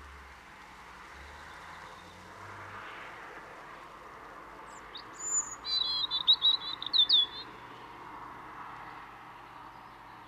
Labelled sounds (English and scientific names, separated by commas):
European Robin (Erithacus rubecula) song